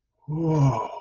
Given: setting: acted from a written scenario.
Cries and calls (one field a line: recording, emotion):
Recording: vocal sound without words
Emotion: adoration